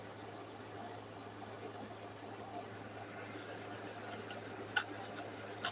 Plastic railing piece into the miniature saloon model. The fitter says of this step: there. It all snapped back into place.